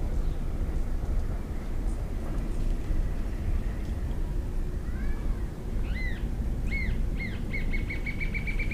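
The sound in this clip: Green-tailed jacamar giving a few separate arched, high notes that then quicken into a rapid rising series near the end, under constant low rumbling noise.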